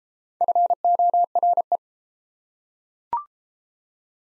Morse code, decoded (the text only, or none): FORE